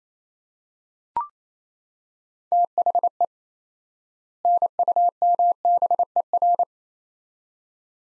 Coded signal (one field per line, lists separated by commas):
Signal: Morse code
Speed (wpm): 27 wpm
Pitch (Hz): 700 Hz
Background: none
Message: THE NUMBER